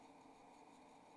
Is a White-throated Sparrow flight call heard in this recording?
no